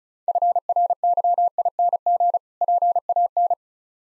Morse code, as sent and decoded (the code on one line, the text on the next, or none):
..-. .-. -.-- .. -. --. / .--. .- -.
FRYING PAN